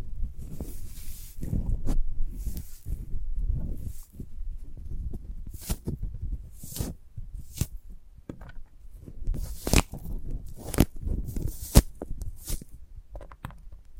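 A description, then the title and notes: Handling a sprouted coconut produces soft, muffled thumps and rubbing with a low, hollow body. Crisp scrapes and brief clicks cut in every second or so, clustering near the middle and end, over a quiet, dull background that never fully settles. ASMR of a Sprouted Coconut (No Talking).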